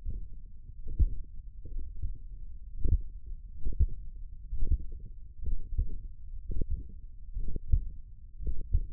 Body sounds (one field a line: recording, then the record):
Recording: forearm muscle sounds (acoustic myography)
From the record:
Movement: finger pinch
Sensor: system 1, eight BSWA MPA416 microphones around the upper forearm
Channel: 6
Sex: male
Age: 42 years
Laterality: right